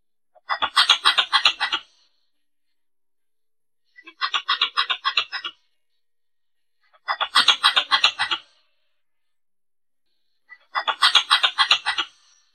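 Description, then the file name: Pallas's squirrel calling in four bursts of fast, harsh, pulsed chatter with silent gaps between. Female squirrel calling. "tieng soc cai bung do keu chuan nhat"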